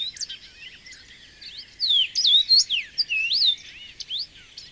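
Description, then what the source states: Common rosefinch singing a phrase of loud, clear whistled notes that swoop up and down, with softer twittering before and after it. Found in suitable shrubland across southern and central Finland; fairly rare 20-30 years earlier.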